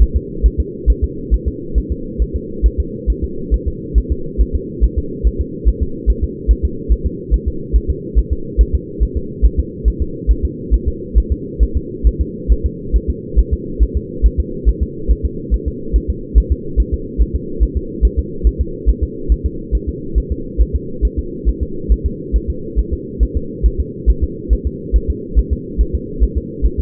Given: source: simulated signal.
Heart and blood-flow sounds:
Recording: fetal heart sounds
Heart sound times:
0.02 s: S1
0.17 s: S2
0.46 s: S1
0.60 s: S2
0.90 s: S1
1.04 s: S2
1.34 s: S1
1.48 s: S2
1.78 s: S1
1.92 s: S2
2.22 s: S1
2.36 s: S2
2.66 s: S1
2.80 s: S2
3.10 s: S1
3.24 s: S2
3.54 s: S1
3.68 s: S2
3.98 s: S1
4.12 s: S2
4.41 s: S1
4.56 s: S2
4.84 s: S1
4.98 s: S2
5.27 s: S1
5.41 s: S2
5.69 s: S1
5.83 s: S2
6.10 s: S1
6.24 s: S2
6.51 s: S1
6.65 s: S2
6.92 s: S1
7.06 s: S2
7.34 s: S1
7.48 s: S2
7.76 s: S1
7.90 s: S2
8.19 s: S1
8.33 s: S2
8.61 s: S1
8.75 s: S2
9.03 s: S1
9.17 s: S2
9.45 s: S1
9.59 s: S2
9.88 s: S1
10.02 s: S2
10.31 s: S1
10.45 s: S2
10.74 s: S1
10.88 s: S2
11.18 s: S1
11.32 s: S2
11.63 s: S1
11.77 s: S2
12.07 s: S1
12.21 s: S2
12.52 s: S1
12.66 s: S2
12.96 s: S1
13.10 s: S2
13.39 s: S1
13.53 s: S2
13.83 s: S1
13.97 s: S2
14.26 s: S1
14.40 s: S2
14.69 s: S1
14.83 s: S2
15.11 s: S1
15.25 s: S2
15.54 s: S1
15.68 s: S2
15.96 s: S1
16.10 s: S2
16.38 s: S1
16.52 s: S2
16.80 s: S1
16.94 s: S2
17.22 s: S1
17.36 s: S2
17.63 s: S1
17.77 s: S2
18.05 s: S1
18.19 s: S2
18.47 s: S1
18.61 s: S2
18.89 s: S1
19.03 s: S2
19.32 s: S1
19.46 s: S2
19.75 s: S1
19.89 s: S2
20.18 s: S1
20.32 s: S2
20.62 s: S1
20.76 s: S2
21.05 s: S1
21.19 s: S2
21.49 s: S1
21.63 s: S2
21.92 s: S1
22.06 s: S2
22.36 s: S1
22.50 s: S2
22.79 s: S1
22.93 s: S2
23.23 s: S1
23.37 s: S2
23.66 s: S1
23.80 s: S2
24.10 s: S1
24.24 s: S2
24.53 s: S1
24.67 s: S2
24.96 s: S1
25.10 s: S2
25.39 s: S1
25.53 s: S2
25.81 s: S1
25.95 s: S2
26.23 s: S1
26.38 s: S2
26.66 s: S1
26.80 s: S2
From the record:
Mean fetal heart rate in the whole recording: 140 bpm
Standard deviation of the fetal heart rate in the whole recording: 2 bpm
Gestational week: 34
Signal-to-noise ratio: -4.3 dB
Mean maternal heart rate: 72 bpm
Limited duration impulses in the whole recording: absent

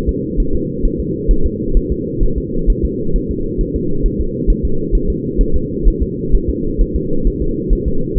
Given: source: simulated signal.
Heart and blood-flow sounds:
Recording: fetal heart sounds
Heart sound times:
0.09 s: S2
0.40 s: S1
0.55 s: S2
0.85 s: S1
1.00 s: S2
1.31 s: S1
1.46 s: S2
1.77 s: S1
1.92 s: S2
2.23 s: S1
2.38 s: S2
2.70 s: S1
2.85 s: S2
3.16 s: S1
3.31 s: S2
3.61 s: S1
3.76 s: S2
4.06 s: S1
4.21 s: S2
4.50 s: S1
4.65 s: S2
4.95 s: S1
5.10 s: S2
5.41 s: S1
5.56 s: S2
5.88 s: S1
6.02 s: S2
6.35 s: S1
6.50 s: S2
6.81 s: S1
6.96 s: S2
7.27 s: S1
7.42 s: S2
7.73 s: S1
7.88 s: S2
8.18 s: S1
From the record:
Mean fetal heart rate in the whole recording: 130 bpm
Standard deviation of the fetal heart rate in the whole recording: 4 bpm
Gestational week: 38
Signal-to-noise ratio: -8.1 dB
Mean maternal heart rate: 72 bpm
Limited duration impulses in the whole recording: present

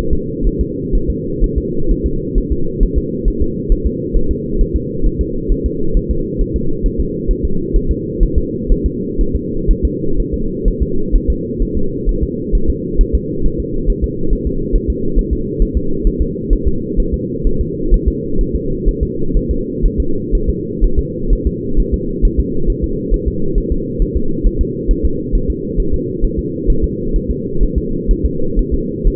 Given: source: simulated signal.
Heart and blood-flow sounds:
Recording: fetal heart sounds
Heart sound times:
0.13 s: S2
0.47 s: S1
0.61 s: S2
0.95 s: S1
1.10 s: S2
1.44 s: S1
1.58 s: S2
1.91 s: S1
2.06 s: S2
2.38 s: S1
2.52 s: S2
2.83 s: S1
2.98 s: S2
3.28 s: S1
3.42 s: S2
3.72 s: S1
3.87 s: S2
4.16 s: S1
4.31 s: S2
4.61 s: S1
4.76 s: S2
5.06 s: S1
5.21 s: S2
5.52 s: S1
5.66 s: S2
5.97 s: S1
6.11 s: S2
6.41 s: S1
6.56 s: S2
6.86 s: S1
7.00 s: S2
7.31 s: S1
7.45 s: S2
7.76 s: S1
7.91 s: S2
8.23 s: S1
8.38 s: S2
8.72 s: S1
8.86 s: S2
9.21 s: S1
9.35 s: S2
9.71 s: S1
9.85 s: S2
10.20 s: S1
10.34 s: S2
10.68 s: S1
10.82 s: S2
11.16 s: S1
11.30 s: S2
11.62 s: S1
11.77 s: S2
12.09 s: S1
12.23 s: S2
12.55 s: S1
12.70 s: S2
13.01 s: S1
13.15 s: S2
13.46 s: S1
13.60 s: S2
13.90 s: S1
14.04 s: S2
14.33 s: S1
14.47 s: S2
14.76 s: S1
14.90 s: S2
15.19 s: S1
15.33 s: S2
15.62 s: S1
15.77 s: S2
16.07 s: S1
16.22 s: S2
16.53 s: S1
16.67 s: S2
17.00 s: S1
17.14 s: S2
17.47 s: S1
17.61 s: S2
17.94 s: S1
18.08 s: S2
18.41 s: S1
18.55 s: S2
18.88 s: S1
19.03 s: S2
19.37 s: S1
19.51 s: S2
19.86 s: S1
20.00 s: S2
20.35 s: S1
20.49 s: S2
20.84 s: S1
20.99 s: S2
21.33 s: S1
21.47 s: S2
21.80 s: S1
21.94 s: S2
22.25 s: S1
22.40 s: S2
22.70 s: S1
22.84 s: S2
23.14 s: S1
23.28 s: S2
23.58 s: S1
23.72 s: S2
24.02 s: S1
24.16 s: S2
24.47 s: S1
24.61 s: S2
24.91 s: S1
25.05 s: S2
25.35 s: S1
25.50 s: S2
25.80 s: S1
25.94 s: S2
26.24 s: S1
26.39 s: S2
26.70 s: S1
26.84 s: S2
27.16 s: S1
27.30 s: S2
27.63 s: S1
27.78 s: S2
28.11 s: S1
28.25 s: S2
28.59 s: S1
28.74 s: S2
29.08 s: S1
From the record:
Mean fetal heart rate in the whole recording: 130 bpm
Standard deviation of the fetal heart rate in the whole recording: 4 bpm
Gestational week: 38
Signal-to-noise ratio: -8.1 dB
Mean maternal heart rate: 72 bpm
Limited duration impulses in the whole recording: absent

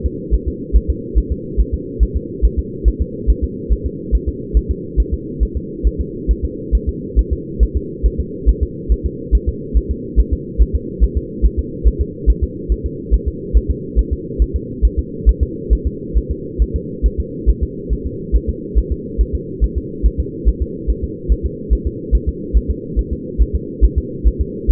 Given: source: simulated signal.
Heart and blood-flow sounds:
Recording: fetal heart sounds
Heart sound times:
0.06 s: S2
0.34 s: S1
0.48 s: S2
0.76 s: S1
0.90 s: S2
1.18 s: S1
1.32 s: S2
1.60 s: S1
1.74 s: S2
2.03 s: S1
2.17 s: S2
2.45 s: S1
2.59 s: S2
2.88 s: S1
3.02 s: S2
3.30 s: S1
3.44 s: S2
3.72 s: S1
3.86 s: S2
4.15 s: S1
4.29 s: S2
4.57 s: S1
4.71 s: S2
5.00 s: S1
5.14 s: S2
5.43 s: S1
5.57 s: S2
5.87 s: S1
6.01 s: S2
6.31 s: S1
6.45 s: S2
6.75 s: S1
6.89 s: S2
7.19 s: S1
7.33 s: S2
7.63 s: S1
7.77 s: S2
8.06 s: S1
8.20 s: S2
8.49 s: S1
8.63 s: S2
8.92 s: S1
9.06 s: S2
9.35 s: S1
9.49 s: S2
9.77 s: S1
9.91 s: S2
10.19 s: S1
10.33 s: S2
10.62 s: S1
10.75 s: S2
11.03 s: S1
11.17 s: S2
11.45 s: S1
11.59 s: S2
11.88 s: S1
12.01 s: S2
12.30 s: S1
12.44 s: S2
12.72 s: S1
12.86 s: S2
13.14 s: S1
13.28 s: S2
13.57 s: S1
13.71 s: S2
13.99 s: S1
14.13 s: S2
14.42 s: S1
14.56 s: S2
14.85 s: S1
14.99 s: S2
15.29 s: S1
15.43 s: S2
15.73 s: S1
15.87 s: S2
16.18 s: S1
16.31 s: S2
16.62 s: S1
16.76 s: S2
17.06 s: S1
17.20 s: S2
17.50 s: S1
17.63 s: S2
17.93 s: S1
18.06 s: S2
18.36 s: S1
18.49 s: S2
18.78 s: S1
18.92 s: S2
19.21 s: S1
19.35 s: S2
19.64 s: S1
19.78 s: S2
20.06 s: S1
20.20 s: S2
20.49 s: S1
20.62 s: S2
20.90 s: S1
21.04 s: S2
21.32 s: S1
21.46 s: S2
21.73 s: S1
21.87 s: S2
22.15 s: S1
22.29 s: S2
22.57 s: S1
22.70 s: S2
22.99 s: S1
23.13 s: S2
23.42 s: S1
23.55 s: S2
23.84 s: S1
23.98 s: S2
24.27 s: S1
24.41 s: S2
24.71 s: S1
From the record:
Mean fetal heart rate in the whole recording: 140 bpm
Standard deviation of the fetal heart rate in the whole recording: 2 bpm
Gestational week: 34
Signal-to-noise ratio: -4.1 dB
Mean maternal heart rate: no maternal heart sound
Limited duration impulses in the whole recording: absent

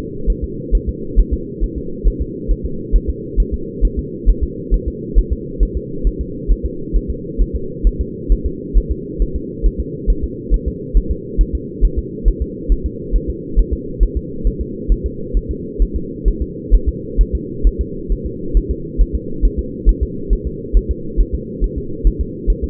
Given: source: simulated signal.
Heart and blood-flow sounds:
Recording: fetal heart sounds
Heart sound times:
0.30 s: S1
0.44 s: S2
0.75 s: S1
0.89 s: S2
1.19 s: S1
1.33 s: S2
1.64 s: S1
1.78 s: S2
2.08 s: S1
2.22 s: S2
2.51 s: S1
2.65 s: S2
2.95 s: S1
3.10 s: S2
3.40 s: S1
3.54 s: S2
3.85 s: S1
3.99 s: S2
4.29 s: S1
4.44 s: S2
4.74 s: S1
4.88 s: S2
5.18 s: S1
5.33 s: S2
5.63 s: S1
5.77 s: S2
6.07 s: S1
6.21 s: S2
6.52 s: S1
6.66 s: S2
6.96 s: S1
7.10 s: S2
7.42 s: S1
7.56 s: S2
7.87 s: S1
8.01 s: S2
8.32 s: S1
8.46 s: S2
8.77 s: S1
8.92 s: S2
9.22 s: S1
9.36 s: S2
9.66 s: S1
9.80 s: S2
10.10 s: S1
10.24 s: S2
10.54 s: S1
10.68 s: S2
10.97 s: S1
11.11 s: S2
11.41 s: S1
11.55 s: S2
11.84 s: S1
11.99 s: S2
12.28 s: S1
12.42 s: S2
12.72 s: S1
12.86 s: S2
13.16 s: S1
13.30 s: S2
13.59 s: S1
13.73 s: S2
14.03 s: S1
14.17 s: S2
14.47 s: S1
14.61 s: S2
14.92 s: S1
15.06 s: S2
15.37 s: S1
15.51 s: S2
15.82 s: S1
15.96 s: S2
16.28 s: S1
16.42 s: S2
16.74 s: S1
16.89 s: S2
17.21 s: S1
17.35 s: S2
17.67 s: S1
17.81 s: S2
18.12 s: S1
18.26 s: S2
18.57 s: S1
18.71 s: S2
19.01 s: S1
19.15 s: S2
19.45 s: S1
19.59 s: S2
19.89 s: S1
20.03 s: S2
20.33 s: S1
20.47 s: S2
20.77 s: S1
20.91 s: S2
21.20 s: S1
21.34 s: S2
21.64 s: S1
21.78 s: S2
22.07 s: S1
22.21 s: S2
22.50 s: S1
22.64 s: S2
From the record:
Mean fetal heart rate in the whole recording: 135 bpm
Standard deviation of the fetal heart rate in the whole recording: 3 bpm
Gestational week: 36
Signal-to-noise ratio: -4.3 dB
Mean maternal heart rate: 72 bpm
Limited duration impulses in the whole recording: absent

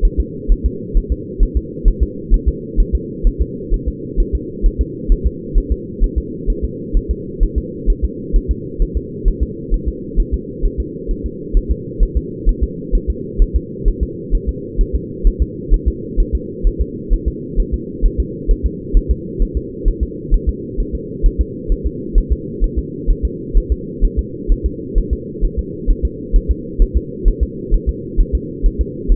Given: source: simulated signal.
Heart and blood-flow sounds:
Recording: fetal heart sounds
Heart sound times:
0.05 s: S1
0.20 s: S2
0.52 s: S1
0.66 s: S2
0.97 s: S1
1.12 s: S2
1.43 s: S1
1.57 s: S2
1.88 s: S1
2.03 s: S2
2.34 s: S1
2.48 s: S2
2.80 s: S1
2.95 s: S2
3.27 s: S1
3.42 s: S2
3.74 s: S1
3.88 s: S2
4.20 s: S1
4.35 s: S2
4.66 s: S1
4.81 s: S2
5.12 s: S1
5.27 s: S2
5.58 s: S1
5.72 s: S2
6.04 s: S1
6.18 s: S2
6.50 s: S1
6.65 s: S2
6.97 s: S1
7.11 s: S2
7.43 s: S1
7.58 s: S2
7.90 s: S1
8.05 s: S2
8.36 s: S1
8.51 s: S2
8.82 s: S1
8.97 s: S2
9.28 s: S1
9.43 s: S2
9.74 s: S1
9.89 s: S2
10.20 s: S1
10.34 s: S2
10.65 s: S1
10.80 s: S2
11.11 s: S1
11.26 s: S2
11.57 s: S1
11.72 s: S2
12.03 s: S1
12.17 s: S2
12.49 s: S1
12.64 s: S2
12.95 s: S1
13.10 s: S2
13.42 s: S1
13.56 s: S2
13.88 s: S1
14.03 s: S2
14.35 s: S1
14.49 s: S2
14.81 s: S1
14.96 s: S2
15.27 s: S1
15.42 s: S2
15.74 s: S1
15.88 s: S2
16.20 s: S1
16.35 s: S2
16.67 s: S1
16.82 s: S2
17.13 s: S1
17.28 s: S2
17.60 s: S1
17.74 s: S2
18.05 s: S1
18.20 s: S2
18.51 s: S1
18.66 s: S2
18.97 s: S1
19.11 s: S2
19.42 s: S1
19.57 s: S2
19.88 s: S1
20.03 s: S2
20.34 s: S1
20.49 s: S2
20.80 s: S1
20.95 s: S2
21.26 s: S1
21.41 s: S2
21.72 s: S1
21.86 s: S2
22.18 s: S1
22.32 s: S2
22.64 s: S1
22.78 s: S2
23.10 s: S1
23.25 s: S2
23.57 s: S1
23.72 s: S2
24.05 s: S1
24.19 s: S2
24.52 s: S1
24.66 s: S2
24.98 s: S1
25.13 s: S2
25.45 s: S1
25.59 s: S2
25.90 s: S1
26.05 s: S2
26.36 s: S1
26.51 s: S2
26.82 s: S1
26.97 s: S2
27.28 s: S1
27.43 s: S2
27.74 s: S1
27.89 s: S2
28.20 s: S1
28.35 s: S2
28.66 s: S1
28.81 s: S2
29.12 s: S1
From the record:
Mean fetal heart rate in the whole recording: 130 bpm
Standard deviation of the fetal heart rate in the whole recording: 2 bpm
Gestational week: 38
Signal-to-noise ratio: -4.1 dB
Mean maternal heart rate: no maternal heart sound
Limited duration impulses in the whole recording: absent

